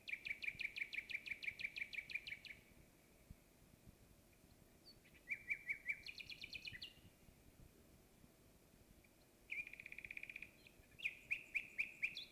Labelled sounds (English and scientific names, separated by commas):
Common Nightingale (Luscinia megarhynchos) song